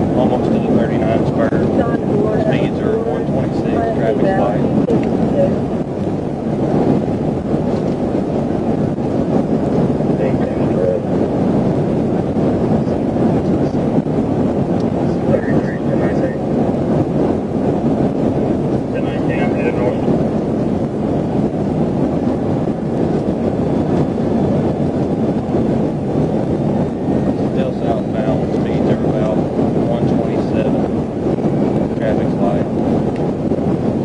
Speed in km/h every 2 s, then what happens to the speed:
204, 204, 204, 204, 204, 204, 204, 204, 204, 204, 204, 204, 204, 204, 204, 206, 206.
0-34 steady at about 204.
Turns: none.